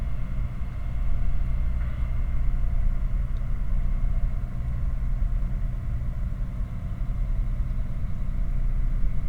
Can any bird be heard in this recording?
no